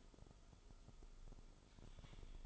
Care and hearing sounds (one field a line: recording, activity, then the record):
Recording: daily activity, microphone in the room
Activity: typing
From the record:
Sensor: 5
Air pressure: 988.8 hPa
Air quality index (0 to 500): 235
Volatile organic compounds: 193 ppm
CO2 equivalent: 4189 ppm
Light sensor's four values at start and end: 39/124/48/51 and 39/124/48/51